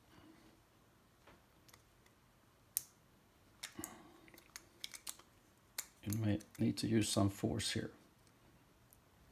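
A black plastic insert for a Crystal EVO multimedia knob is handled over a BMW iDrive rotary controller knob, to be pressed straight down into it with some force, with scattered sharp clicks and taps heard (the loudest at 2.8 s) while someone talks toward the end. Nothing has seated or clicked into place yet.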